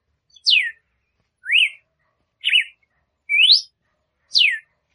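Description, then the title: Red-cowled cardinal singing five loud whistled notes about once a second, alternating sharply falling, rising and slurred shapes. Female red-cowled cardinal singing to stimulate the male. "Canto Galo Campina Fêmea. Fêmea de Galo de Campina Cantando para Foguear o Macho"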